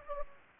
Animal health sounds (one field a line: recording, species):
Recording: mosquito wingbeat signal from an infrared sensor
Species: Anopheles gambiae